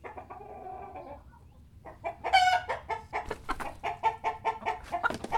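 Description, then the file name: Chickens clucking: a softer drawn-out phrase opens, then after a short pause rapid, rhythmic clucks continue to the end. "Chickens clucking and rooster with cockadoodledoo"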